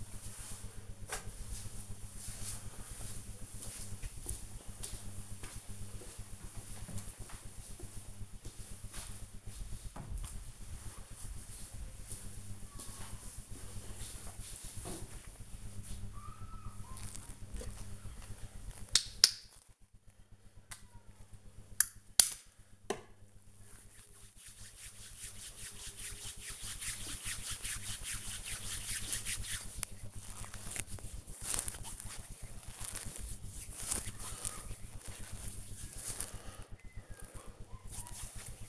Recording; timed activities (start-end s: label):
household activities, microphone on the right wrist
16.81-38.69 s: disinfecting hands